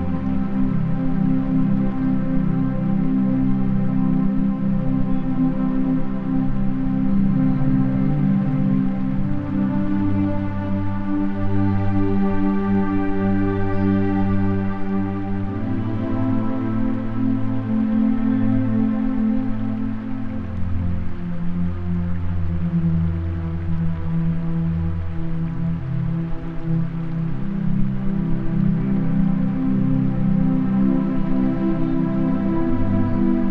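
Slow, sustained music fills the clip, with warm low chords that hold for several seconds and shift gently, most noticeably around the middle and again near twenty seconds. The sound stays even in level, full in the low and middle range, with little brightness on top.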